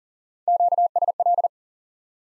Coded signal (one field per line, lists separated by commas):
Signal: Morse code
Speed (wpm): 37 wpm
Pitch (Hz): 700 Hz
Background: none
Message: QSL